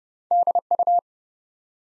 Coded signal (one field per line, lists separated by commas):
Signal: Morse code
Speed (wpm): 30 wpm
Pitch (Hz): 700 Hz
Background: none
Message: DU